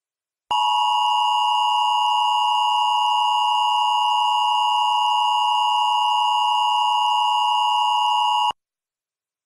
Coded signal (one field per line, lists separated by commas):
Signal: Emergency Alert System (SAME) tones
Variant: 853 and 960 Hz attention tone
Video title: EAS Encoder 2.4 Test